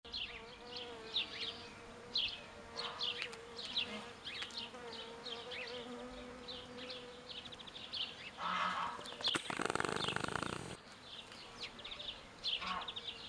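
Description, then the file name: House sparrows chirping in a busy, overlapping chorus of short, bright notes, interrupted near the end by a brief burst of loud rushing noise. "Passer domesticus"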